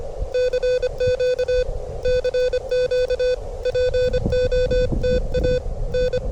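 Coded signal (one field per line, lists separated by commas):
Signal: Morse code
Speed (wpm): 26 wpm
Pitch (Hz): 500 Hz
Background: none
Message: CQ CQ POTA N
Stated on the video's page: Morse code at 25 WPM during a POTA park activation at a state park, in strong wind.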